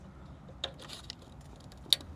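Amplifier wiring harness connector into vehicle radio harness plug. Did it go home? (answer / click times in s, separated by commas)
yes / 1.9 s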